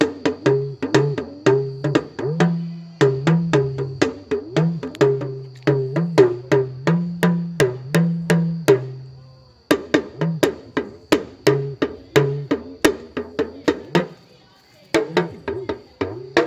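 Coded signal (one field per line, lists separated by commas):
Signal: talking drum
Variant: Yoruba dùndún, oriki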